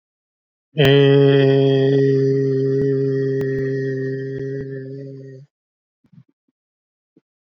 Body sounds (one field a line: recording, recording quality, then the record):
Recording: sustained vowel as in made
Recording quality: excellent, no background noise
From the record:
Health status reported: COVID-19 positive, moderate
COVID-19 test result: positive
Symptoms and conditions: cough, breathing difficulty, fever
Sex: male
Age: 42 years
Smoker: not ticked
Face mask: not worn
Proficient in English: yes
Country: India